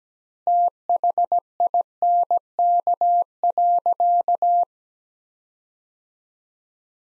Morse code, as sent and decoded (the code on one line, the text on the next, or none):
- .... .. -. -.- .-.-.-
THINK.